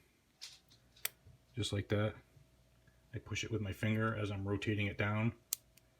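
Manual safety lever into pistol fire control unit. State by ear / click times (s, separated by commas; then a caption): seated / 5.8 s. An ambidextrous manual safety lever from a manual safety conversion kit for a Sig Sauer P365 pistol is rotated down over its spring-loaded detent and pushed with a finger into the pistol's fire control unit while someone talks. A few faint ticks come early, and a sharp click at 5.8 s marks the lever snapping into place, seated and locked in.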